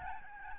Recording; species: mosquito wingbeat signal from an infrared sensor; Aedes albopictus